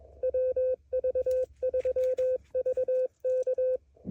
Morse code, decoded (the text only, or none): WV3V K